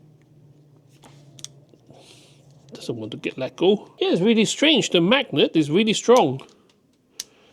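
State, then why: Seated. Someone talks while handling a DJI Action 4 action camera's magnetic quick-release mount adapter, which has a physical latch and a strong magnet, with a couple of faint ticks near 1.4 s. After the talking stops, the adapter is pushed onto the camera, and a single sharp click at 7.2 s marks it latching into place.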